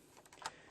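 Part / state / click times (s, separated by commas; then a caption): plastic tail section of a transforming robot toy, locking into its folded-out position / seated / 0.5 s. The plastic tail section of a Fanstoys FT07 Stomp (MP Sludge) transforming robot toy is unfolded into its folded-out position, with a couple of faint ticks around 0.3 s. A sharp, bright snap at 0.5 s marks the tail locking firmly into place.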